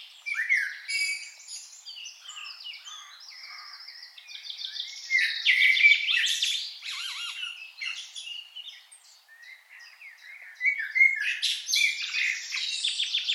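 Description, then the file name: Common blackbird chattering song, continuous high squeaks, trills and harsh notes rising and falling in loudness, with a brief lull near nine seconds. "Turdus merula"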